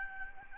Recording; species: mosquito wingbeat signal from an infrared sensor; Aedes albopictus